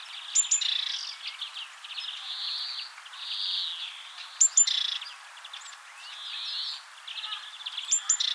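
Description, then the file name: Great tit calls: sharp high double notes leading into scratchy buzzing churrs, repeated several times over busy background twittering. "Parus major"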